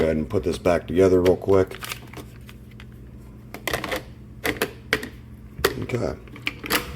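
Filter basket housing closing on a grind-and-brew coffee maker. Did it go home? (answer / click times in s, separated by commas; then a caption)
yes / 6.5 s. Someone talks, then the cleaned filter basket is put back into a Cuisinart DGB-900BC grind-and-brew coffee maker with a series of short plastic clicks and knocks. The plastic filter basket housing is closed and snaps shut into place at about 6.5 s.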